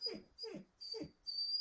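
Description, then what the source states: Dog whining: three short falling whimpers about half a second apart, with a thin high steady tone throughout. Two pet dogs, a six-month-old Rhodesian Ridgeback puppy and a hound, whining for no reason indoors in a home basement during lockdown.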